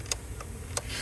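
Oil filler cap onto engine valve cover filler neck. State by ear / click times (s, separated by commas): seated / 0.1 s, 0.8 s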